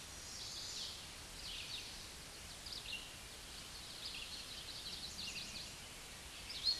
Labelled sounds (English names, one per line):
Red-eyed Vireo song